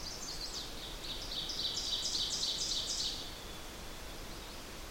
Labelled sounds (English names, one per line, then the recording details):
Ovenbird song
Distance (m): 35 m
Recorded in boreal forest in Alberta, Canada, on 8 June 2016 at 06:27
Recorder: SongMeter 3, array SBT-3-9
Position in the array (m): 50 m, 107 m
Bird 33